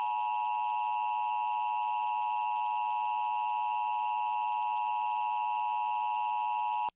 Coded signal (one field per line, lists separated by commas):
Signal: Emergency Alert System (SAME) tones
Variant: 853 and 960 Hz attention tone